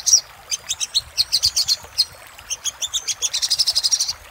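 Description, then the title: Little spiderhunter giving spaced high chirps that quicken into a dense, fast trill near the end. Master recording for training cage birds; 'Labaik' type of little spiderhunter song. "Masteran Burung Sogok Ontong Labaik"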